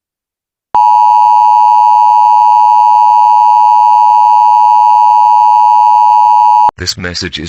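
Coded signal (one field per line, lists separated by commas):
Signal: Emergency Alert System (SAME) tones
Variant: 853 and 960 Hz attention tone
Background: speech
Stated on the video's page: Fictional EAS scenario.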